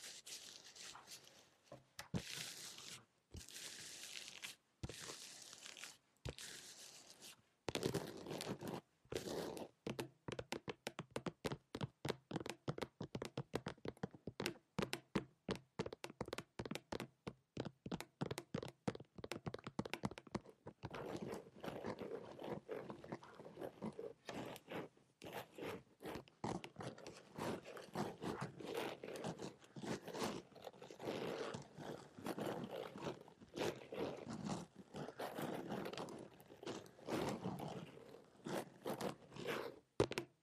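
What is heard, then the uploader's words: Floral foam is handled, crackling and crunching in short, sharp bursts. The first several seconds bring a few bright, separated crunches, then from about eight seconds the crumbling becomes dense and nearly continuous, with quick clicks and fuller, lower scraping to the end. Floral Foam.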